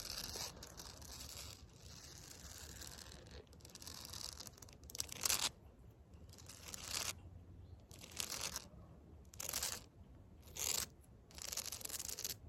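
Fake nails scratch across concrete in a series of harsh, gritty strokes, each lasting about half a second to a second, with short pauses between them. The scraping is bright and raspy over a low rumble, and later strokes come in separate bursts.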